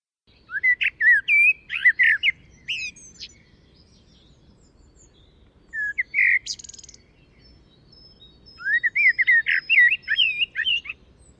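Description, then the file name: Common blackbird song of mellow fluted phrases, a short squeaky flourish in the middle, then a longer warbling run; faint high whistles from another bird behind. "Turdus merula"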